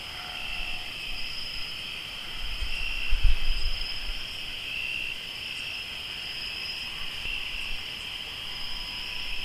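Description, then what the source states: Crickets keep up a continuous high trilling chorus while a brief low bump of noise passes midway. Crickets recorded in Tlayacapan, Morelos.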